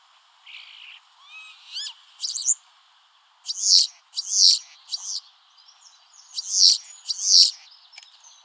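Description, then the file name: Common starling calls: a few thin rising whistles, then harsh, rasping notes in two pairs separated by a short pause. "Stare"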